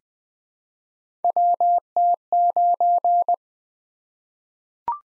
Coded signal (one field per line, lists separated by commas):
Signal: Morse code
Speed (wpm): 20 wpm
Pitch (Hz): 700 Hz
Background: none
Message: WT9